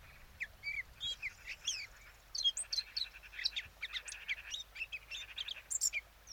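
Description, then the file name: Eurasian blackcap singing a bright, chattering warble of rising and falling whistled notes, with faint hiss underneath. "Sylvia atricapilla"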